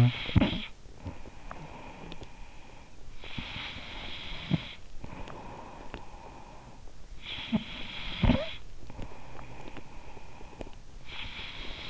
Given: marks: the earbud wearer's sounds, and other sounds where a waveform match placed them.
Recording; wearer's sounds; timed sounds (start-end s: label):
sounds in sleep by an in-ear microphone; snoring breath, breath
0.00-2.92 s: snoring breath
2.92-6.79 s: breath
6.79-11.90 s: snoring breath